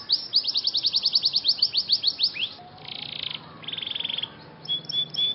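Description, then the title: Scotch Fancy canary singing a fast run of bright repeated notes, then two buzzy rattling trills and a few thin whistles. Scotch Fancy canary song with cengkok (ornamented song variations), singing vigorously (gacor). "Cengkok Kenari Mewah. KENARI SCOTCH FANCY GACOR CENGKOK MEWAH"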